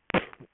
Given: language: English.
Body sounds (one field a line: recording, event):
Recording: throat vibration sensor signal played as sound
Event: cough